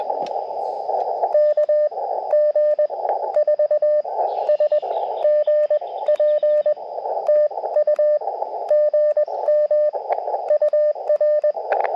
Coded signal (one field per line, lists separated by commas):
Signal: Morse code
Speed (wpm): 20 wpm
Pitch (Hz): 600 Hz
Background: radio noise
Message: KG4SGP TU GM UR